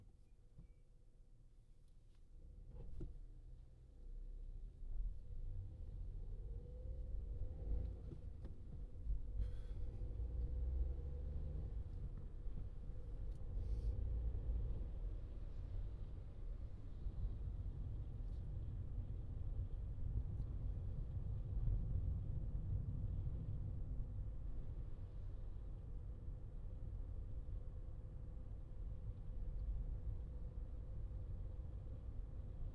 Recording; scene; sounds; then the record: everyday scene through a hearing-aid microphone; in a vehicle; engine, highway traffic jam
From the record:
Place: Skoda Fabia, gasoline engine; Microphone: in the ear canal, left